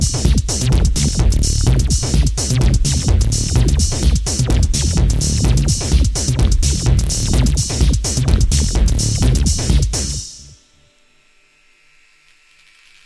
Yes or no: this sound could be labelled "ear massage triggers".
no